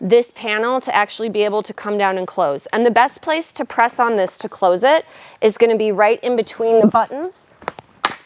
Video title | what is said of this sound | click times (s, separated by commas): Römer Veni Convertible Car Seat - Rear-Facing & Forward-Facing Installation Overview | So you heard a distinctive click. | 8.1 s